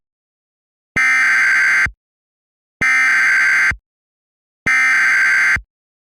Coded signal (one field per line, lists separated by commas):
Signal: Emergency Alert System (SAME) tones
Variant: header bursts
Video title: EAS Scenario: Back to School Chaos